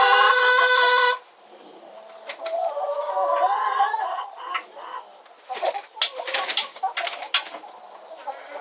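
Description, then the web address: Chickens calling, opening with a loud drawn-out squawk, then overlapping clucks and a burst of sharp, rapid cackling notes toward the end. Several chickens calling in chorus in a hen house. "SFXSource AOS Chickens Hen House Chorus"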